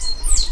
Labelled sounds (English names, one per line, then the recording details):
Stitchbird song
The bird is a male
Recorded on Tiritiri Matangi Island, New Zealand, in 2005
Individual 10, of nest box 12